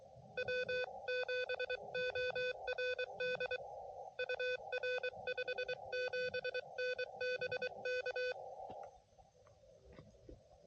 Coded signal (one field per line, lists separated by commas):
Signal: Morse code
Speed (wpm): 23 wpm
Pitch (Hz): 500 Hz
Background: none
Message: W7ORD UR 57N BK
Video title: QRP CW POTA